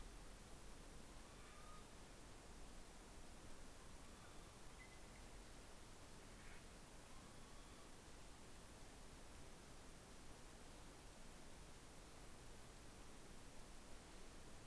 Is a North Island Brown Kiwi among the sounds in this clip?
no